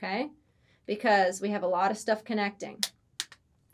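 A plastic gray and white beam assembly is pressed onto four blue connector points and two red pins on a motor while someone talks. After the talking stops, a sharp snap is heard at 3.2 s, followed by a couple of fainter ticks. The beam assembly is seated on the connectors.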